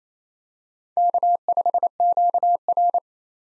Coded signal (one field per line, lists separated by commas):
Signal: Morse code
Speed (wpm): 28 wpm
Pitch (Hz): 700 Hz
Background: none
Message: K5QR